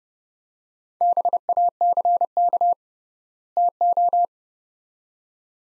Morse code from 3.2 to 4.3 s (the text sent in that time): TO